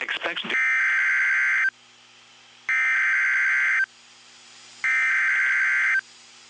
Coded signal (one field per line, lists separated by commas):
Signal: Emergency Alert System (SAME) tones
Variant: header bursts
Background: speech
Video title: (FROM SPCBRENTWOODTN LIVESTREAM) OMG SVR FOR NASHVILLE TN!! EAS #20